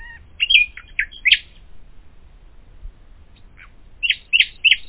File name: Common nightingale